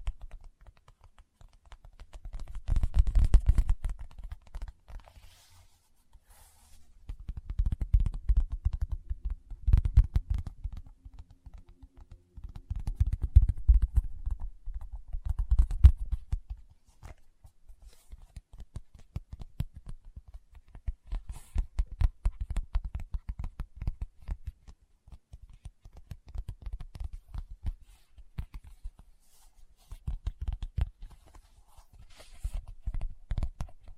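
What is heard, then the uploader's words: Fingertips tap rapidly on a surface, the soft, dull taps landing in dense flurries around 2–5, 8–11 and 12–16 seconds. After that the tapping carries on more steadily, lighter and spread out in uneven patters, with short pauses between clusters until the end. ASMR Tapping with Fingertips (No Talking).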